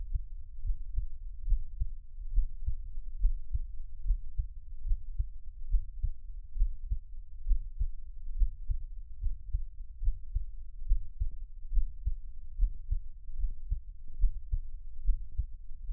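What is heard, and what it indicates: Soft, deep thumps repeat steadily at about 70 beats a minute, with a muffled low hum between them and no talking. This is an adult's own heartbeat, heard close up as a Taiwanese ASMR track.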